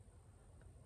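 A cap is handled and pressed toward a House of Sillage luxury lipstick case. Only a low, steady background rumble with a faint constant high tone is heard, plus a brief soft blip around 0.6 s. The cap has not seated or snapped on yet.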